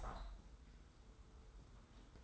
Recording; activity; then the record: daily activity, microphone in the room; open window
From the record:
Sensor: 3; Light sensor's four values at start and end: 33/78/31/30 and 32/77/31/29